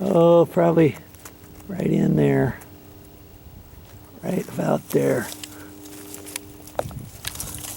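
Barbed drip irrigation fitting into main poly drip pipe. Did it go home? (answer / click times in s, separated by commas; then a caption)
yes / 6.8 s. A barbed fitting on a new drip tube is pushed by hand into a hole in a buried main poly drip irrigation pipe while someone talks. After a few small ticks, a sharp click at 6.8 s marks the fitting seating in the main line, followed by a few faint crackles.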